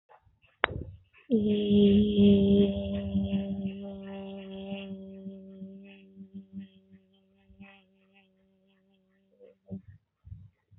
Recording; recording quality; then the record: sustained vowel as in made; excellent, no background noise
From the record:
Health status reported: healthy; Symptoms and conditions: none ticked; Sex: female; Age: 29 years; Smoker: not ticked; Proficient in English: yes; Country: India